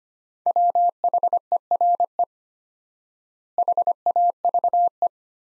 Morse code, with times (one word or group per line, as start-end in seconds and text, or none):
0.5-2.2 WHERE
3.6-5.1 HAVE